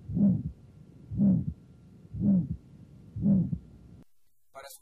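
Four regular heartbeats at about 60 a minute in an adult, each carrying a loud, swelling systolic murmur of higher pitch and purer, more musical quality. This is an aortic stenosis murmur heard at the cardiac apex, the Gallavardin dissociation, which helps identify calcific or acquired age-related aortic stenosis as opposed to congenital stenosis of a bicuspid valve.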